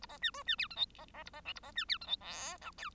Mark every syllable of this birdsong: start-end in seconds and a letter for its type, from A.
0.01-0.06 A, 0.09-0.18 B, 0.22-0.31 C, 0.34-0.43 D, 0.46-0.56 C, 0.58-0.68 E, 0.70-0.76 F, 0.76-0.85 G, 0.98-1.05 B, 1.14-1.23 B, 1.25-1.30 A, 1.33-1.41 B, 1.45-1.53 H, 1.55-1.60 A, 1.64-1.72 B, 1.75-1.85 C, 1.88-1.98 E, 2.01-2.07 F, 2.07-2.16 G, 2.21-2.57 I, 2.61-2.71 J, 2.77-2.90 K